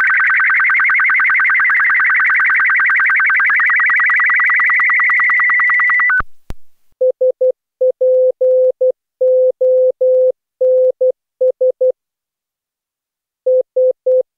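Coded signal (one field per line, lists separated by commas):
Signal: SSTV (slow-scan television)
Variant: BW 122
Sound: six seconds of warbling high tone with rapid ticking, then short on-off beeps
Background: Morse-like beeps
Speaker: volg nu de slow scan tv in BW 122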